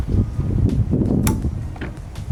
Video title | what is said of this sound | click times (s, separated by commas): How To Remove Door Panel & Install Speakers In 2010 Camaro 2SS! | that'll click and | 1.3 s